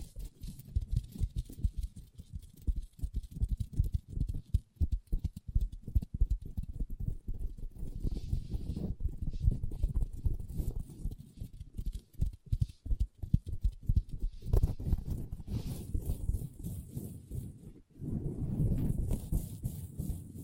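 Long nails tap rapidly and unevenly on a table, dense low knocking throughout, with brighter scratching strokes joining after about fifteen seconds.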